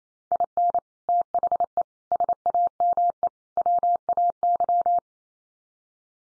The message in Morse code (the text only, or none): IN THE SAME WAY